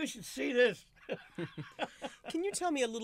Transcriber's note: he laughs